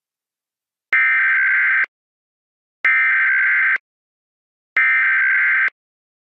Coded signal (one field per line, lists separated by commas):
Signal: Emergency Alert System (SAME) tones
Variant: header bursts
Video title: hey apple (a REMASTERED EAS Scenario)